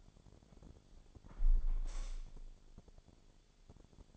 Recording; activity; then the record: daily activity, microphone in the room; close window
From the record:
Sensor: 5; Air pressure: 1000.5 hPa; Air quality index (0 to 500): 154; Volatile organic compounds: 2 ppm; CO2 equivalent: 1182 ppm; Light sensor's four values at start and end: 39/91/38/41 and 39/91/38/41